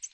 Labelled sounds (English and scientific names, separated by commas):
American Redstart (Setophaga ruticilla) flight call